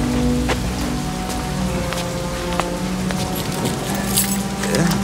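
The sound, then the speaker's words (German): Keys jingle and a lock clicks as the door of a house is unlocked with a key, several sharp metallic clinks scattered over a steady wash of rain and a low background hum. “Sie haben einen Schlüssel für dieses Haus?”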